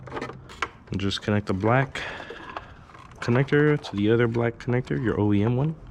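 Someone talks while handling the black plastic plug on the wiring lead of a new Motodynamic low-profile fender eliminator with license plate light for a 2010-14 BMW S1000RR, bringing it to the bike's original black harness connector. Brief handling taps sound between the speech. Nothing has seated or clicked yet.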